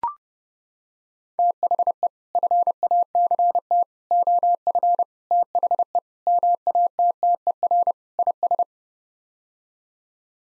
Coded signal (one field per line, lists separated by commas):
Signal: Morse code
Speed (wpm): 30 wpm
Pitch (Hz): 700 Hz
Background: none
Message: THE FACT OF THE MATTER IS